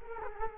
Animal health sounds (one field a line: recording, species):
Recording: mosquito wingbeat signal from an infrared sensor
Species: Culex quinquefasciatus